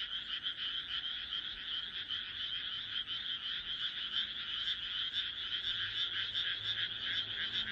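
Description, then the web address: Frogs croaking in a dense chorus, overlapping rapid rattling notes merging into a steady ringing drone throughout. "kaeru kaeru"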